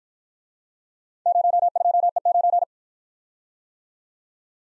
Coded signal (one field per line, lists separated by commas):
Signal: Morse code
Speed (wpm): 52 wpm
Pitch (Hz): 700 Hz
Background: none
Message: 02E9